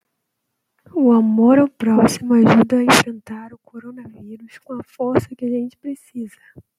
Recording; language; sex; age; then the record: spoken sentence; Brazilian Portuguese; female; 20 to 29 years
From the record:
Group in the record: control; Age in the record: 28 years